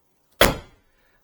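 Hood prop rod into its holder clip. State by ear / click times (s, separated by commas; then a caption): seated / 0.4 s. The hood prop rod of a 2021 Bronco Sport is lowered back into its holder clip and locks in place. A single sharp click lands at 0.4 s, then rings down and fades out by about 0.8 s. The rod is seated in its clip.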